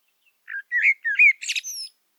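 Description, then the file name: Common blackbird gives a single short song phrase: a few soft, slurred fluty whistles rising into a brief, shrill, squeaky twitter at the end. "Turdus merula"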